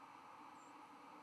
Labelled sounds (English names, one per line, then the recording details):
White-throated Sparrow flight call
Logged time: 04:13 on 11 November 2014